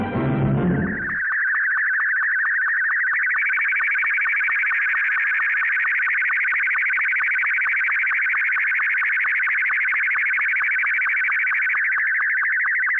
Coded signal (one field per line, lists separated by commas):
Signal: SSTV (slow-scan television)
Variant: Martin 2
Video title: Ham Radio - SSTV Slow Scan Television, an overview.